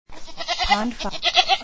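Goat giving a single short, wavering bleat with a shaky, pulsing quality, lasting just over a second and a half.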